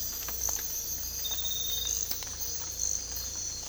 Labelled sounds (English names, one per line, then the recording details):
none
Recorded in dense forest near Puerto Asís, Putumayo, Colombia, on 18 December 2024 at 04:30
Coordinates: 0.484, -76.317
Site G026